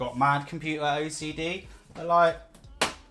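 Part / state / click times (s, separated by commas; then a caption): side panel onto PC case / seated / 2.8 s. Someone talks as the rear side panel of a Deepcool Matrexx 70 3F PC case, fitted after cable management at the back of a Ryzen 3600 and RTX 2060 build, is pushed closed. It latches shut with a sharp click at 2.8 s.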